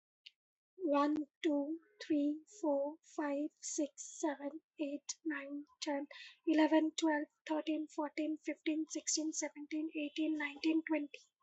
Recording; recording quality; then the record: counting at a normal pace; excellent, no background noise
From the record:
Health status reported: healthy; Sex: female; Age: 33 years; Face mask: worn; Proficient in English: yes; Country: India